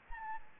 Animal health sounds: mosquito wingbeat signal from an infrared sensor; Aedes albopictus

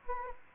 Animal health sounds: mosquito wingbeat signal from an infrared sensor; Anopheles gambiae

